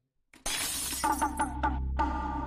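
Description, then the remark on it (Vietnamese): A glass bottle thrown by a person into the corner of a wall smashes with a sudden loud crash, followed by a rapid series of bright tinkling shards scattering and ringing for a couple of seconds. “Dứt lời, người đó ném một cái chai thủy tinh vào góc tường, khiến cho nó vỡ toang.”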